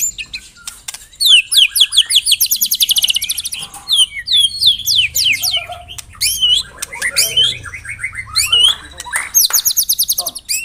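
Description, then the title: White-rumped shama pouring out rapid trills, fast repeated chirping runs and sharp whistles, the phrases tumbling together with hardly a break. Lure song used to attract birds. "Pikat Murai Batu Durasi Panjang"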